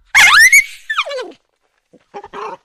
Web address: maltese